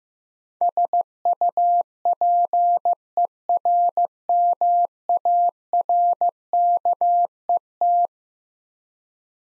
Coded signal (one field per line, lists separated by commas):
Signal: Morse code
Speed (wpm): 15 wpm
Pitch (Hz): 700 Hz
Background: none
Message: SUPERMARKET